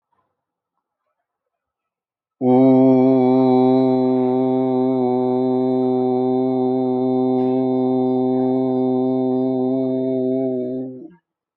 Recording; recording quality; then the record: sustained vowel as in boot; excellent, no background noise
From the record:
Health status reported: healthy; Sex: male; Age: 47 years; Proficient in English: yes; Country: India